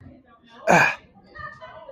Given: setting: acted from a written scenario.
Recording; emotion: vocal sound without words; pain